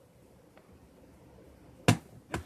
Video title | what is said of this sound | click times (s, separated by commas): tuto demontage pc portable complet | donc dès qu'il ya le petit clic qui vient on | 1.9 s